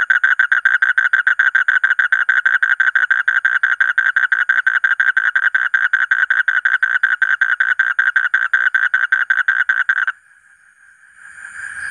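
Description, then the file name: Asian common toad call: a steady, rapid pulsed trill lasting about ten seconds before stopping abruptly; a faint hiss follows. "suara kodok bangkong kolong kodok buduk"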